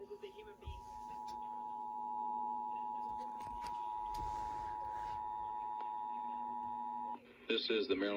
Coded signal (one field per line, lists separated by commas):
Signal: Emergency Alert System (SAME) tones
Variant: 853 and 960 Hz attention tone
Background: speech